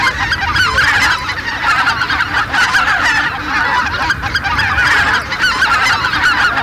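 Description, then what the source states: Greater white-fronted goose: greater white-fronted geese calling as a dense flock, with many overlapping high yelping honks forming a continuous clamour. Flock chatter; recording made for an electronic hunting caller.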